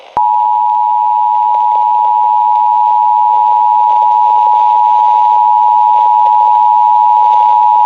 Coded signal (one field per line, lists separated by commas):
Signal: Emergency Alert System (SAME) tones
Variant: 853 and 960 Hz attention tone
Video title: Disney Junior The Channel (My AU) South Carolina COVID-19 Emergency Alert System Announced (5/22/15)